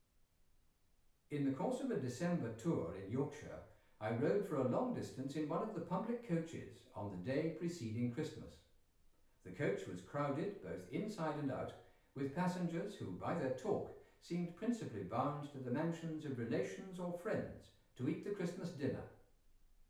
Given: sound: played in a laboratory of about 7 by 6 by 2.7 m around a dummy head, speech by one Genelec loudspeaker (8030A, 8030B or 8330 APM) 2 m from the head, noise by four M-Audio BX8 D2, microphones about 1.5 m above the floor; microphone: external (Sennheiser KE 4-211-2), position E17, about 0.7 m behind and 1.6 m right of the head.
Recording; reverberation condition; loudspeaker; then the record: male speech in English; medium; 30 degrees to the left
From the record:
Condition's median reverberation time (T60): about 510 ms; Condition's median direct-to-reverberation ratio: about -0.5 dB